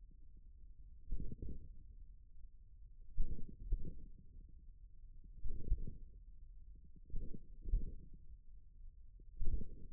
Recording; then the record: forearm muscle sounds (acoustic myography)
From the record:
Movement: tripod grip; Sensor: system 1, eight BSWA MPA416 microphones around the upper forearm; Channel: 6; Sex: male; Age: 41 years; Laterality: right